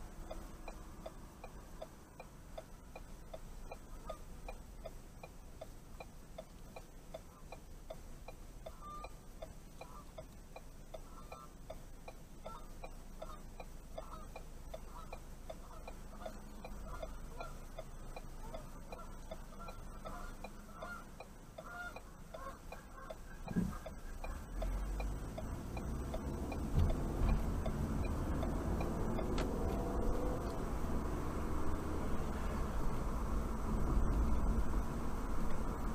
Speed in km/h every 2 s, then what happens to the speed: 3, 3, 3, 3, 3, 2, 0, 0, 0, 0, 0, 2, 5, 13, 24, 42, 47, 50.
0-9 steady at about 3. 9-23 standing. 23-36 pulls away to 50.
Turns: none.